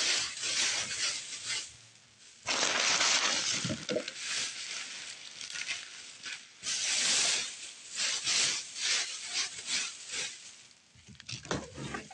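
Hissy bursts of spraying and rubbing wiping strokes come in uneven surges, the loudest starting near two and a half seconds and others around seven, eight and ten seconds. Softer scuffing and crackly scraping fill the gaps, with brief quieter dips between.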